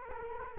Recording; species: mosquito wingbeat signal from an infrared sensor; Culex quinquefasciatus